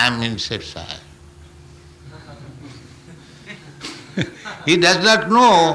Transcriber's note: laughter